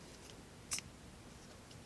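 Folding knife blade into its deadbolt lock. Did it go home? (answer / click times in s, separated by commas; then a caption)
no / none. A CRKT M40 folding knife with a glass-reinforced nylon handle is flicked open one-handed, but its blade fails to snap out into its deadbolt lock, possibly because it needs a little oil. Only a brief, faint scrape is heard around 0.7–0.8 s against a quiet background, with no sharp click. The blade has not seated or locked.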